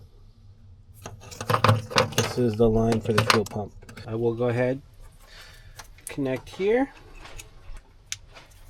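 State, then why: Seated. A plastic wiring plug for the fuel pump line on an HLN 2000 Pro diesel heater is pushed into its mating connector on the heater harness while someone talks. Handling clicks and rattles precede one sharp click at 8.1 s, and the connector is seated.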